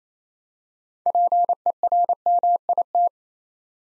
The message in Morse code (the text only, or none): PERMIT